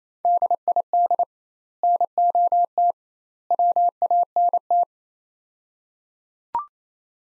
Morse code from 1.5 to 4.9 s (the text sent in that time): NOT WANT